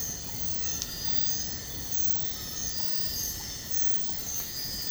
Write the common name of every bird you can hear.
none